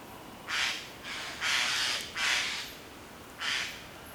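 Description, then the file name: Eurasian jay calls: five harsh, noisy screeches, spaced irregularly. "Garrulus glandarius"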